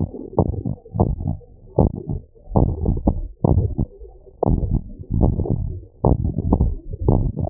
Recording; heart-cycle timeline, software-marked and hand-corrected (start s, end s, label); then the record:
heart sounds
0.00	0.38	diastole
0.38	0.48	S1
0.48	0.56	systole
0.56	0.62	S2
0.62	1.00	diastole
1.00	1.14	S1
1.14	1.22	systole
1.22	1.34	S2
1.34	1.78	diastole
1.78	1.92	S1
1.92	2.00	systole
2.00	2.08	S2
2.08	2.56	diastole
2.56	2.72	S1
2.72	2.84	systole
2.84	2.98	S2
2.98	3.50	diastole
3.50	3.68	S1
3.68	3.80	systole
3.80	3.90	S2
3.90	4.48	diastole
4.48	4.62	S1
4.62	4.70	systole
4.70	4.82	S2
4.82	5.20	diastole
5.20	5.36	S1
5.36	5.48	systole
5.48	5.64	S2
5.64	6.20	diastole
6.20	6.36	S1
6.36	6.46	systole
6.46	6.60	S2
6.60	7.06	diastole
7.06	7.20	S1
7.20	7.22	systole
7.22	7.34	S2
7.34	7.50	diastole
From the record:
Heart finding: abnormal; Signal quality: good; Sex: male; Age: 72 years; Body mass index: 24.8